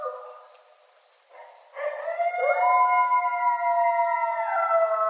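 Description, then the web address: Coyotes howling: after a quiet start, several long wavering tones rise at once and hold together in overlapping pitches; a steady high tone runs throughout. Recorded 28 May 2013; several coyotes. "Coyote 2013 05 28 Coyotes"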